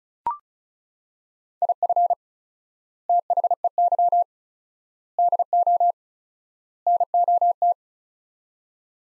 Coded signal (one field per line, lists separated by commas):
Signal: Morse code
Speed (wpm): 34 wpm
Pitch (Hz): 700 Hz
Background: none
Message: IF THEY DO NOT